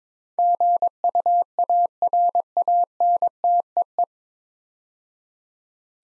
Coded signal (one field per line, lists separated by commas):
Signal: Morse code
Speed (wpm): 22 wpm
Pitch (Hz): 700 Hz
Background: none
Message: GUARANTEE